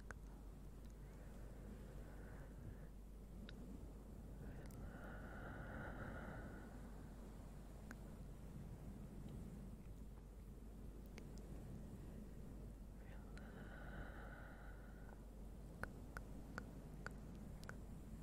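Soft, slow fluffy rustling over a steady low hum, with two brief breathy whispers midway and late, then a run of sharp tongue clicks.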